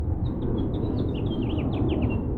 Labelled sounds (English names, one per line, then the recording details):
House Finch song
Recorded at Woodmere on Long Island, New York, on 11 June 1975
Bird D